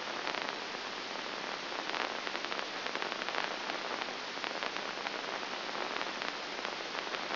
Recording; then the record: brain microelectrode recording played as sound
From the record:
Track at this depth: outside the subthalamic nucleus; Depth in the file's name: 0.705 mm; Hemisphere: left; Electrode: 2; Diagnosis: Parkinson's disease